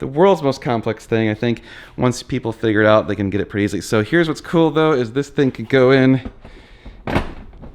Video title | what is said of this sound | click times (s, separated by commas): The COOLEST MOMMY MOBILE - 2021 Mini John Cooper Works Clubman Review | clicks right in there you go and now it's attached | 7.6 s